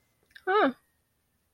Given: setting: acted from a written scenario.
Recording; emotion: vocal sound without words; interest